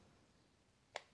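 A screw in the plastic housing of a Competition Pro joystick case is turned briefly counterclockwise during reassembly until it drops into the existing plastic thread. A single short, sharp click sounds at 0.96 s over a quiet background, and the screw is seated in the old thread.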